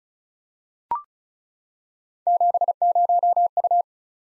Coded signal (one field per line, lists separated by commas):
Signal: Morse code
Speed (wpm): 36 wpm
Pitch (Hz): 700 Hz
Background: none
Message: 70U